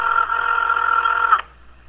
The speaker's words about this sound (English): I like how this ringtone sounds like someone throwing up. It sounds like a computer vomiting. A computer that's... It's vomiting smaller computers, isn't it?